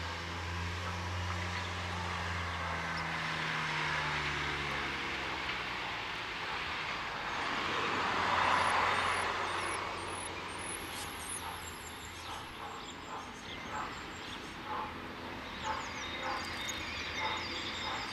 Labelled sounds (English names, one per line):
Eurasian Blue Tit song